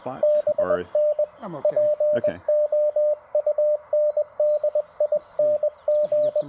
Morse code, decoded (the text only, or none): BN POUNDING